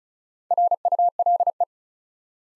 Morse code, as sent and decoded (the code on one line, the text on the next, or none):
.-. ..- .-.. .
RULE